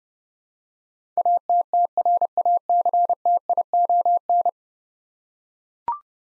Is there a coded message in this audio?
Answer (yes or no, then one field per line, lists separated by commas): yes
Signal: Morse code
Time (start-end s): 1.2-4.5 s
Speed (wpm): 30 wpm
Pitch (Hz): 700 Hz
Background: none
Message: ATTRACTION